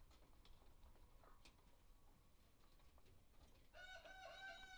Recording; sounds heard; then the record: poultry house recording; healthy chickens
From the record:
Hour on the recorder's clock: 1